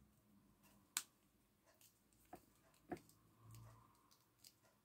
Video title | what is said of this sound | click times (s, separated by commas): Teste sparkle markers de Action | Voilà, et puis à un moment, je ne sais pas si vous allez entendre un petit clic. | 1.0 s